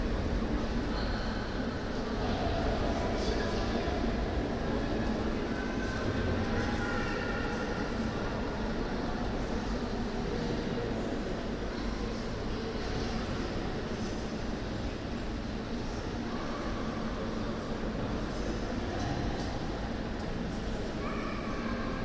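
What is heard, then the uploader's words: A loud, reverberant din fills the main hall of the Museum of Fine Arts in Lille, mostly from the museum restaurant. Many voices blur into a steady, dense roar with a low rumble, while faint clinks and brighter fragments of speech surface now and then. Central Hall, Palais Des Beaux - Arts, Lille. The deafening reverb of the main hall in the Museum of Fine Arts in Lille, France. The main source of this noise in this recording is the museum restaurant, located in the hall.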